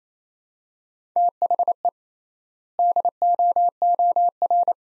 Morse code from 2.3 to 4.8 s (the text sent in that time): DOOR